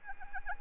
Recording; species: mosquito wingbeat signal from an infrared sensor; Anopheles arabiensis